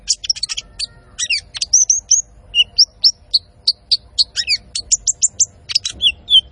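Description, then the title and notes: Van Hasselt's sunbird singing a fast series of high, sharp chirps and downslurred whistles, notes tightly spaced and varied, with a faint low hum underneath. Masteran training recording for caged birds, also used as a lure; full song with 'isian' fillers and 'tembakan' shot phrases; bird described as gacor, singing constantly. "MASTERAN KOLIBRI NINJA FULL ISIAN DAN TEMBAKAN COCOK BUAT PANCINGAN. Suara Burung Kolibri Ninja Gacor"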